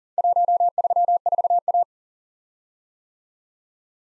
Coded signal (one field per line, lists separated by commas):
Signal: Morse code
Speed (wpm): 42 wpm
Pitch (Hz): 700 Hz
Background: none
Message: 134A